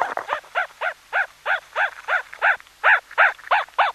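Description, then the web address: Dog yelping repeatedly, high arched squeals coming roughly three per second, slightly louder toward the end. One puppy. "zvukodnogoschenka"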